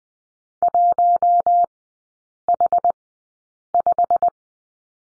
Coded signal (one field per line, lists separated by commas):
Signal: Morse code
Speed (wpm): 20 wpm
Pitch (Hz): 700 Hz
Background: none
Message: 1H5